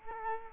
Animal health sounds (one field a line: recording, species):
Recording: mosquito wingbeat signal from an infrared sensor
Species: Culex quinquefasciatus